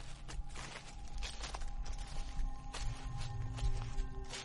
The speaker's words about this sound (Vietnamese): Đột nhiên từ trước mặt vang lên những tiếng bước chân xào xạo, những tiếng bước chân dẫm lên lá khô réo rắt trong đêm tịch mịch.